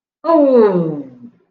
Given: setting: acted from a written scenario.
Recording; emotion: vocal sound without words; desire